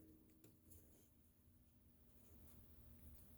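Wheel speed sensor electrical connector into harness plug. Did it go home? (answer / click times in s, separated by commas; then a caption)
no / none. On the right rear of a 2013 Dodge Grand Caravan, a lubricated plastic ABS wheel speed sensor connector is pushed into its mating harness plug but bottoms out and fails to clip in. Only faint low handling rumble and a brief soft bump around 0.7 s are heard, with no latch click. Nothing has seated or clicked yet.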